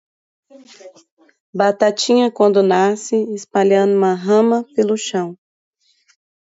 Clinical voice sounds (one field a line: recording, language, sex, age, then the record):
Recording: short text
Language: Brazilian Portuguese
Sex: female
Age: 30 to 39 years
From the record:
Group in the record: control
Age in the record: 36 years